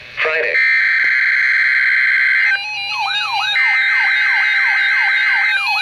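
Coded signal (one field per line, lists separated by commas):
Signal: Emergency Alert System (SAME) tones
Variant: header bursts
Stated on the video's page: Required Weekly Test on NOAA Weather Radio transmitter in Milwaukee, Wisconsin.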